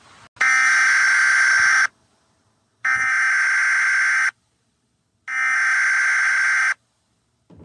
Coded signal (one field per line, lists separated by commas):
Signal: Emergency Alert System (SAME) tones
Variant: header bursts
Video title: EAS Scenario The Tower of Power